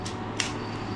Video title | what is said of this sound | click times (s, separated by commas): NaturalHike Backpacking Cot Unboxing and honest review. Gear for my Appalachian Trail Thru Hike 2026 | Clicks itself. | 0.4 s